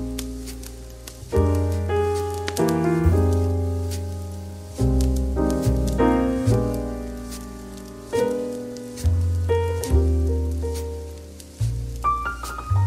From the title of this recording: Soft Light Jazz & Cozy Crackling Fireplace